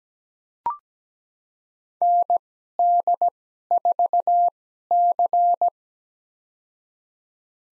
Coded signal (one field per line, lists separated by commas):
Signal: Morse code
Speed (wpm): 17 wpm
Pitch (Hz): 700 Hz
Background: none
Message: ND4C